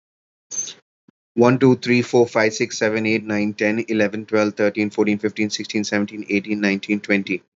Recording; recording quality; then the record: counting at a fast pace; excellent, no background noise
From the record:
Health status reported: recovered from COVID-19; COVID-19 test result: negative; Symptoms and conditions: fatigue, muscle pain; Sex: male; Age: 41 years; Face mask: not worn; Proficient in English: yes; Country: India